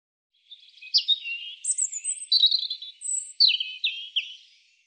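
European robin singing a varied, high warbling phrase of thin whistles, slurred notes and short trills, rising and falling over about four seconds, with no other sounds.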